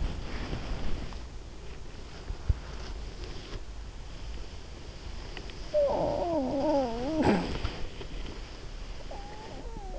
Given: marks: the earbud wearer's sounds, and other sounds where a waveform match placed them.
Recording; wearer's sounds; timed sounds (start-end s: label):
sounds in sleep by an in-ear microphone; body movement, talking in sleep
0.00-9.99 s: body movement
5.66-7.42 s: talking in sleep
8.98-9.99 s: talking in sleep